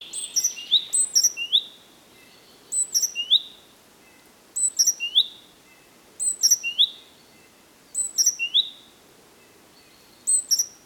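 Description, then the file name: Great tit giving repeated bursts of a few high, sharp chirps with drawn-out tails, spaced a couple of seconds apart over a soft background hiss. "Parus major"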